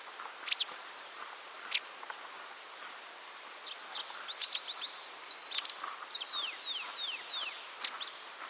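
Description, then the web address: White wagtail calls: sharp high chirps mixed with a burst of quick, slurred twittering notes in the second half. "cianscape birddata Deverinetal 2025"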